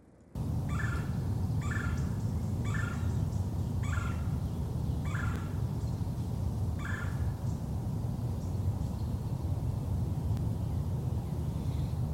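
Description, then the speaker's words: Red-bellied Woodpecker calls: rolling, churring notes repeated about once a second, gradually spacing out, over steady low rumbling background noise. Recorded in the Twin Cities area. "the we're going to lead out here with a call from a red-bellied woodpecker. And that was recorded by Michael Urban in the Twin Cities area."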